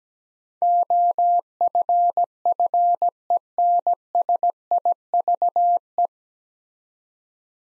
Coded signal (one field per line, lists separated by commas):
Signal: Morse code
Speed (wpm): 17 wpm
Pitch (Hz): 700 Hz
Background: none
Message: OFFENSIVE